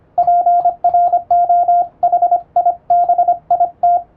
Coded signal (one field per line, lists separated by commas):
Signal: Morse code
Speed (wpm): 25 wpm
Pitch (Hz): 700 Hz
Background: radio noise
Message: PROHIBIT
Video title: 無線電報形式の欧文モールス符号をエレキーで打ってみました！アマチュア無線の受信トレーニングにどうぞ！YouTubeの再生速度を調整して聴いてみよう(morse code practice)